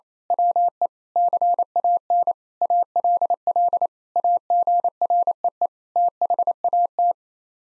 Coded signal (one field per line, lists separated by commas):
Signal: Morse code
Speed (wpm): 28 wpm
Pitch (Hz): 700 Hz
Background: none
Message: WE CAN ALL AGREE THAT